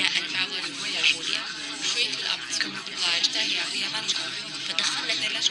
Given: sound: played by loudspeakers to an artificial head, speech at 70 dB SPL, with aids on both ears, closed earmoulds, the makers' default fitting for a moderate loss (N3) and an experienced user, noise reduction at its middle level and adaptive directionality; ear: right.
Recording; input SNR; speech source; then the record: speech test signal (ISTS) in cocktail-party noise; -6 dB; on the right (90 degrees)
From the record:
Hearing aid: class 1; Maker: B